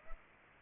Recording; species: mosquito wingbeat signal from an infrared sensor; Aedes albopictus